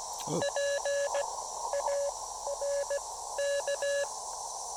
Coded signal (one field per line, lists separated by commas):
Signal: Morse code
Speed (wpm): 18 wpm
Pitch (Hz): 590 Hz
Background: speech, radio noise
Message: PARK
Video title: Activation de POTA en français! (Yes, a POTA activation in French. I'll explain...)